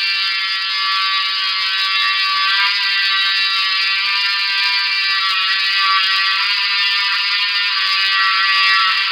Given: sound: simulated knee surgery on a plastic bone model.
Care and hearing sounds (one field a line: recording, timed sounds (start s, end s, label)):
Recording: surgical tools on bone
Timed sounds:
0.00	9.12	sawing